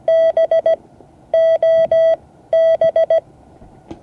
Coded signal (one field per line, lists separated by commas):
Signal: Morse code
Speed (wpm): 17 wpm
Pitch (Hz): 650 Hz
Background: none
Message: BOB